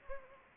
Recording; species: mosquito wingbeat signal from an infrared sensor; Anopheles arabiensis